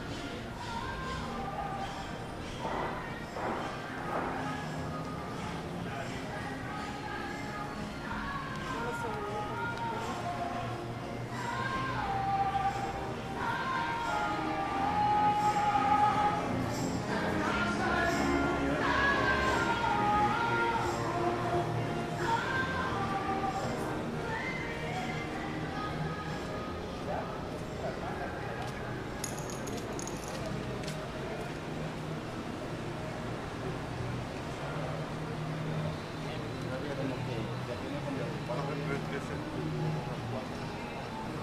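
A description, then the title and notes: Walking down a busy street in Playa del Carmen, with many voices chatting and passing by throughout. The mix stays dense and steady, swelling a little louder around the middle, with a low traffic rumble underneath and a brief bright tone near thirty seconds. Walking Down 5th Avenue In Playa Del Carmen (Ambient Sounds, Walking, Talking, Car Noise, Footsteps, Birds Chirping). In this episode we are taking a stroll down the busy 5th avenue in Playa Del Carmen, Mexico. Music, Road Noise, Car Sounds, Footsteps, Spanish Speaking.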